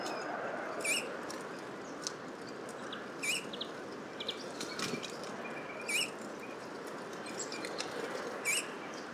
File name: Pyrrhula pyrrhula